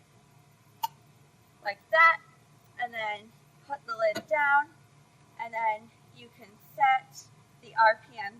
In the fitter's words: then when you put the lid back on you want to push it down until you hear a click like